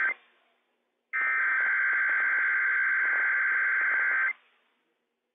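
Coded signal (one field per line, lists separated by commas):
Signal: Emergency Alert System (SAME) tones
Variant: header bursts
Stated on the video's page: Required Weekly Test from civil authorities for the Inland Northwest, broadcast on NOAA weather radio station WWF56.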